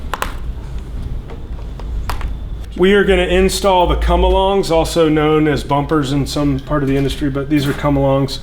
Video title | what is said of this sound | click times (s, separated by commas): SGD Helpful Install Tips | just snap right in there all on their own like so | 0.1 s, 0.2 s